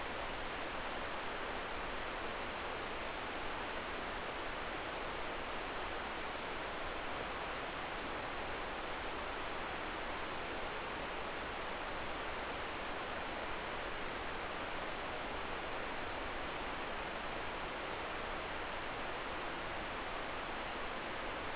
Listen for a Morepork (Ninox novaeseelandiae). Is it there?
no